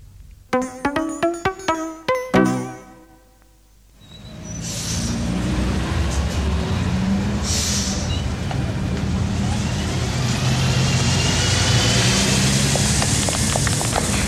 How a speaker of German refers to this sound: Der ist weg. So ein Mist. Wann fährt denn der nächste Bus?